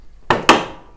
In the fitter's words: So lock అయిపోయింది, ఇంకా close చేయటం.